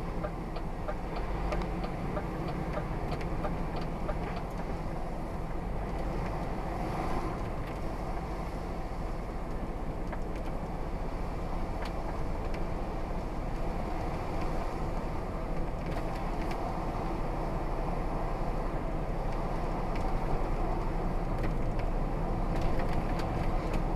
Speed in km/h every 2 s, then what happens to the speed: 29, 31, 34, 35, 37, 39, 39, 40, 40, 40, 42, 44.
0-7 speeds up to 37. 7-24 steady at about 40.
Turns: none.